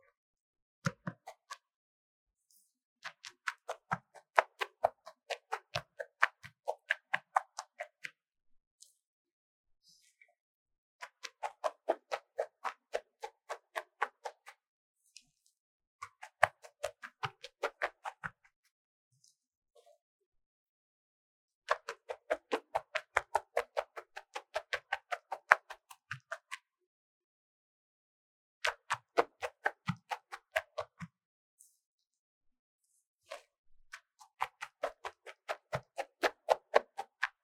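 Someone scrapes a magnesium block, making rapid, regular rasping strokes in bursts of a few seconds each, separated by short pauses. Each burst is a quick train of bright, gritty clicks, with occasional soft low knocks between them.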